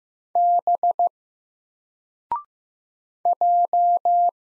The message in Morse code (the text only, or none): B J